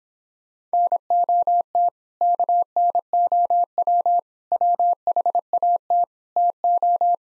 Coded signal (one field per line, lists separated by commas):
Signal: Morse code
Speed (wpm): 26 wpm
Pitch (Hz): 700 Hz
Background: none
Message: NOT KNOW WHAT TO